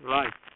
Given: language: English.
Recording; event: throat vibration sensor signal played as sound; speech